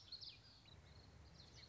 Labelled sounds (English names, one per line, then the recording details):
Common Yellowthroat
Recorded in Sonoma County, California